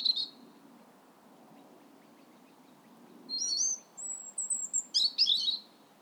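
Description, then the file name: European robin singing a few short phrases: a brief high note, then after a pause quick twittering, a thin whistle and warbled trills. "Erithacus rubecula"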